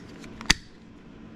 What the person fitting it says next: snaps right into place